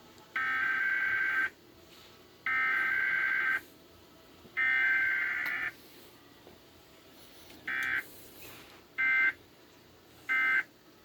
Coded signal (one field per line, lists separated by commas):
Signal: Emergency Alert System (SAME) tones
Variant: header bursts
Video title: EAS Test Interrupts Faster (2010) on Telemundo 52-1 KVEA-DT